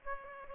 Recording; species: mosquito wingbeat signal from an infrared sensor; Aedes aegypti